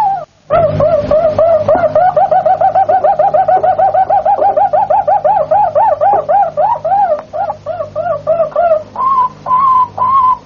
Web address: canarios cantoharz